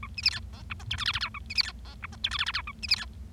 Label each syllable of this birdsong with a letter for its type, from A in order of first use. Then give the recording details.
A B C D E F G H I J J K A B C D E F G H I J J K A B C D. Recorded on 25 March 2012 at 16:37. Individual gy6or6